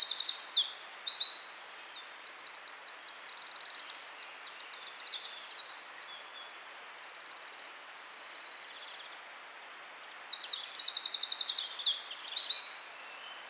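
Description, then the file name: Eurasian wren pouring out a high, rapid trilling song, pausing for about seven seconds of soft hiss, then bursting into another energetic trilled phrase. "Troglodytes troglodytes"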